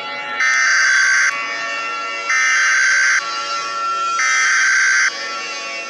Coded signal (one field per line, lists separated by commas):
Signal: Emergency Alert System (SAME) tones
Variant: header bursts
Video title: EAS Scenario The Moon Revolution